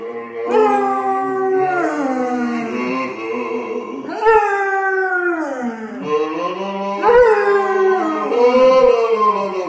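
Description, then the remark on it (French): A dog howls in long, wavering, rising and falling tones while a man sings along beneath it in a lower voice in the shower, the two blending in a continuous duet that swells in three loud phrases. “Un homme chantant en chœur avec son chien sous la douche.”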